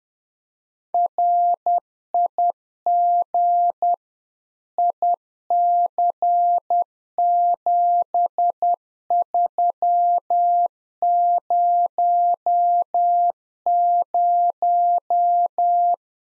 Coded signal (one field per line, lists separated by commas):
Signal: Morse code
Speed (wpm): 10 wpm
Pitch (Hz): 700 Hz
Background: none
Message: RIG IC7300